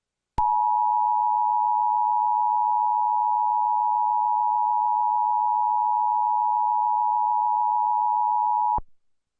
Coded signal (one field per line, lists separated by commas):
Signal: Emergency Alert System (SAME) tones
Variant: 853 and 960 Hz attention tone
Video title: Tornado Warning EAS - Tornado Warning for Daviess, Greene, and Martin County in Indiana.